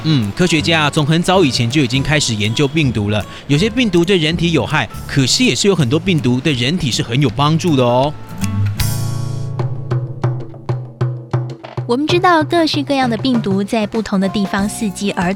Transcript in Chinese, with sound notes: 科學家從很早以前就開始研究病毒了，有些病毒對人體有害，可是也有很多病毒對人體是有幫助的喔… (漸小)
我們知道，各式各樣的病毒，在不同的地方伺機而動，